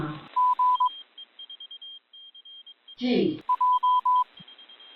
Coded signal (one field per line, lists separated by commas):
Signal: Morse code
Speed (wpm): 22 wpm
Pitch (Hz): 1000 Hz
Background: none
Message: G J